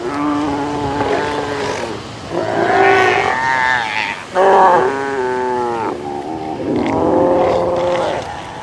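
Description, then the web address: South American sea lion giving several long, harmonic bawling calls. "earth naturelibrary assets s so south american sea lion"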